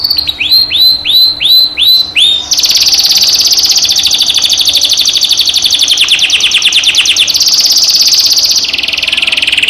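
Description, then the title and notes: Canary song opening with about six repeated upswept whistles, then breaking into long, rapid rattling trills that change pitch partway through. Canary 'masteran' tutor recording, made to stimulate birds to sing more intensely; local name kenari. "PANCINGAN SUARA MASTERAN KENARI BIKIN BURUNG MAKIN MENGGILA. masteran kicau kenari"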